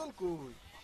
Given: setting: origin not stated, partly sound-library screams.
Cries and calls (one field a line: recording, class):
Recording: one-second piece from a danger detection set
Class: normal situation